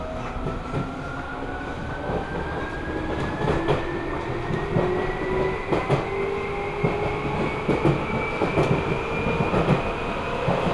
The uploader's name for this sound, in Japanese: 西武池袋線普通 池袋→清瀬